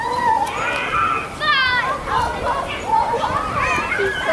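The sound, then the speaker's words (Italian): Children's voices chatter and shout over one another in a busy primary schoolyard, with high, lively calls rising and falling above a steady hum of play. “Nel cortile di questa scuola elementare i bambini sono felici di ritrovarsi”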